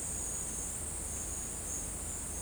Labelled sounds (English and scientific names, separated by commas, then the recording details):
none
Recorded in secondary vegetation near Puerto Asís, Putumayo, Colombia, on 22 December 2024 at 10:30
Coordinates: 0.481, -76.318
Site G042